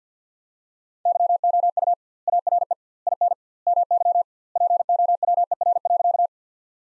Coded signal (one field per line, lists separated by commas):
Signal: Morse code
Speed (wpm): 46 wpm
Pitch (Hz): 700 Hz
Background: none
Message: YOU ARE IN MY POWER.